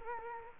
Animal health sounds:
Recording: mosquito wingbeat signal from an infrared sensor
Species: Culex quinquefasciatus

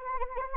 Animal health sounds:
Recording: mosquito wingbeat signal from an infrared sensor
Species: Anopheles arabiensis

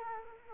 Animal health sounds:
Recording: mosquito wingbeat signal from an infrared sensor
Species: Culex quinquefasciatus

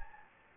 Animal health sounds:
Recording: mosquito wingbeat signal from an infrared sensor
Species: Anopheles gambiae

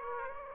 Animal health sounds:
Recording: mosquito wingbeat signal from an infrared sensor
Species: Aedes aegypti

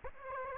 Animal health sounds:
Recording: mosquito wingbeat signal from an infrared sensor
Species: Aedes aegypti

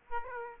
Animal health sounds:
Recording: mosquito wingbeat signal from an infrared sensor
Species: Aedes aegypti

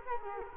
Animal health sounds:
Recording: mosquito wingbeat signal from an infrared sensor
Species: Culex quinquefasciatus

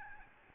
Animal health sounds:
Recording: mosquito wingbeat signal from an infrared sensor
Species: Aedes albopictus

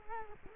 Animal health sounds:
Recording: mosquito wingbeat signal from an infrared sensor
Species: Culex quinquefasciatus

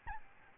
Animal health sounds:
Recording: mosquito wingbeat signal from an infrared sensor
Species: Aedes albopictus

